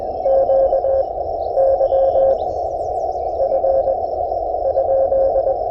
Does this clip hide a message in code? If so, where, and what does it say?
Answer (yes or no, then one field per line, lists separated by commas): yes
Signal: Morse code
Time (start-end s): 0.3-5.5 s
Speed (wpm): 21 wpm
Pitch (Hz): 530 Hz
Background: radio noise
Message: Q Y F ?